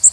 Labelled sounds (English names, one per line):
Connecticut Warbler flight call